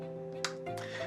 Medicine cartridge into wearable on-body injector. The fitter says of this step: you firmly push down until you hear a click